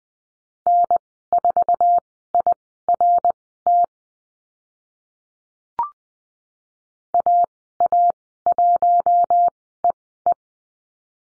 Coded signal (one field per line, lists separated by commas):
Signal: Morse code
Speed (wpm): 20 wpm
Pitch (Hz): 700 Hz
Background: none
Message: N4IRT AA1EE